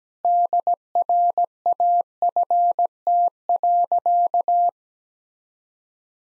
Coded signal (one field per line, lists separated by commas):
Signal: Morse code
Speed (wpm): 17 wpm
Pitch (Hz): 700 Hz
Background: none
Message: DRAFT.